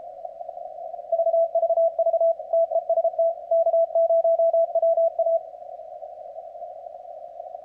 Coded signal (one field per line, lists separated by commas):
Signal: Morse code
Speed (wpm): 31 wpm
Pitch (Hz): 660 Hz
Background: radio noise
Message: VVV TEST K0WA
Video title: CWOPS 4TH OF JULY FUN